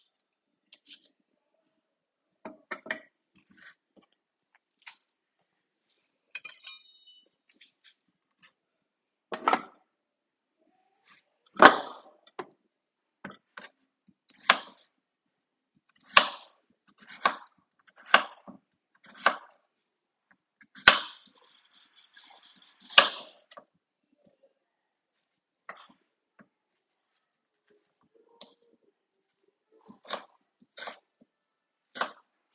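Potatoes being peeled in short, sharp scraping strokes, sparse at first then coming every second or so, with quiet room hush between.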